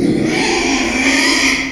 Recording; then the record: squeal of a Yucatan mini pig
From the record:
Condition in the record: after surgery on the right vocal fold (resection and tissue-engineered implant); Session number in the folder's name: 2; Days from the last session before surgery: 13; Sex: male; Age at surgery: 12 weeks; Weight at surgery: 13 kg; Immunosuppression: cyclosporine, prednisolone